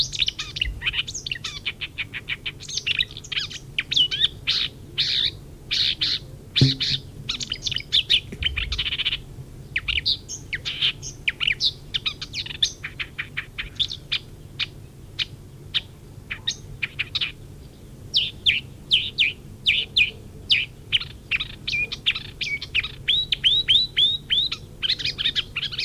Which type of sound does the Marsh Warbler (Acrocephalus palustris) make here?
song